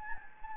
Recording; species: mosquito wingbeat signal from an infrared sensor; Anopheles gambiae